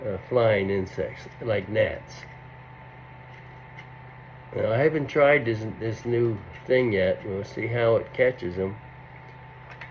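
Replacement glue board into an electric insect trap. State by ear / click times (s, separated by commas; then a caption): seated / 9.8 s. Someone talks over a steady background hum while a replacement Katchy glue board is pushed into the slot of a plug-in electric insect trap. A single short tick is heard at 9.8 s as the glue board snaps into place.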